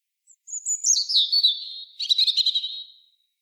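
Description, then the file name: European robin singing: high thin whistled notes sliding downward, followed by a rapid buzzy trill that trails off softly. "Erithacus rubecula"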